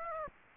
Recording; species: mosquito wingbeat signal from an infrared sensor; Aedes aegypti